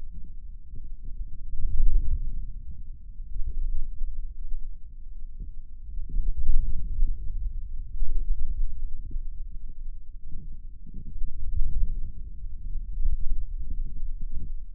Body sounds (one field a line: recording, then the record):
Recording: forearm muscle sounds (acoustic myography)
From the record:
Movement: hand closing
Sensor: system 2, bracelet of six BSWA MPA416 microphones around the upper forearm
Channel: 4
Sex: male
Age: 22 years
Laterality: right